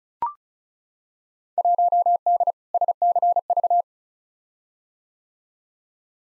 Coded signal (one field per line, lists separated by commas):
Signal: Morse code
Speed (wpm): 36 wpm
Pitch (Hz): 700 Hz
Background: none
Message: 1D SCV